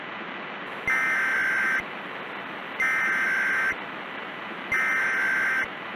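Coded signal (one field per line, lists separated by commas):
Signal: Emergency Alert System (SAME) tones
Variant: header bursts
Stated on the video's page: Valid EAS SAME tones in a fictional zombie-virus scenario, a simulated alert rather than a real broadcast.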